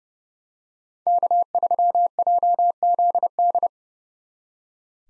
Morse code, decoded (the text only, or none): K3JZD